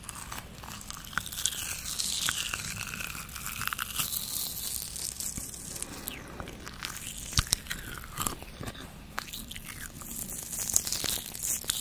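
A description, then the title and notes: Mouth sounds and nibbling: soft wet clicks and crisp little bites come in irregular clusters over a steady low hum. Sharper snaps stand out near 7.5, 9 and 10.8 seconds, with gentle brushing swishes drifting between them. Roblox asmr ~ spoolie mouth sounds + nibbling!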